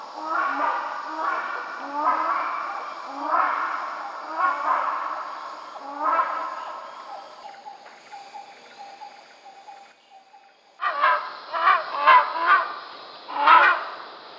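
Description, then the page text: Rhinoceros hornbill giving loud, harsh honking calls in short bursts roughly every second or two, fading out midway, then a louder cluster of rapid honks near the end. "Rhinoceros Hornbill Calls. Quick Sounds"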